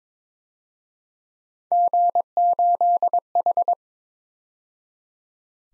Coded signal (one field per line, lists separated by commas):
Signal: Morse code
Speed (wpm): 26 wpm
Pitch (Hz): 700 Hz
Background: none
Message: G8H